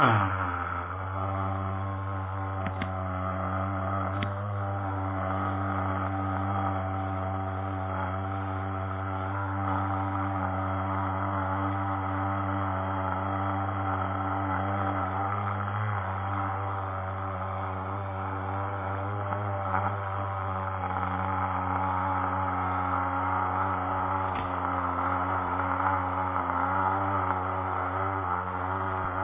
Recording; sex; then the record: sustained vowel /a/; male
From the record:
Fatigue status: no fatigue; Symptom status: asymptomatic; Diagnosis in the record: COVID-19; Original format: 3gp